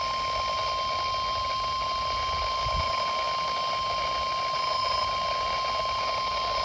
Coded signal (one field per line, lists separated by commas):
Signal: Emergency Alert System (SAME) tones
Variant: 1050 Hz attention tone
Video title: Last NOAA Weather Radio Tests of 2023! Christmas break edition [EAS #493-498]